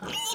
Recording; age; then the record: pig call; piglet (1 to 25 days)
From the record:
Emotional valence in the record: negative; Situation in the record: fighting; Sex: male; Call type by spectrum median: high-frequency call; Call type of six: mixed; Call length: 0.35 s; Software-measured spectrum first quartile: 2077 Hz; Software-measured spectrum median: 3423 Hz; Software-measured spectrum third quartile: 6782 Hz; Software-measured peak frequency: 2953 Hz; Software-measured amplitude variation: 80 dB a second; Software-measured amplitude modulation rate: 21.2 a second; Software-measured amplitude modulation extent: 3.8 dB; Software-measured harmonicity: 6.4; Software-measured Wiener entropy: -2.73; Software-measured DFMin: 622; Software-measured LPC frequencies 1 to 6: 904, 2966, 3622, 5423, 6184, 6757 Hz